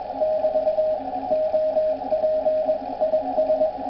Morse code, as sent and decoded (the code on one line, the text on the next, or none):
-...- / --- .--. / .. ...
<BT> OP IS